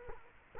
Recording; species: mosquito wingbeat signal from an infrared sensor; Culex quinquefasciatus